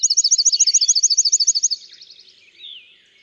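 Bachman's sparrow song: a fast, regular trill of many notes that fades out, followed by softer twittering from other birds.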